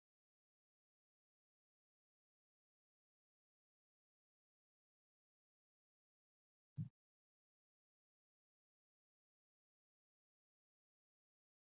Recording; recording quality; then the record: shallow breathing; excellent, no background noise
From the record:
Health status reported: exposed to COVID-19, no respiratory illness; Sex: female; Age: 26 years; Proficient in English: yes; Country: India